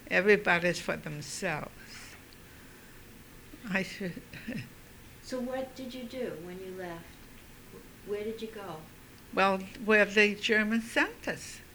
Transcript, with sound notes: Everybody's for themselves. ( she laughs )
So what did you do when you left? Where did you go?
Well, where the Germans sent us.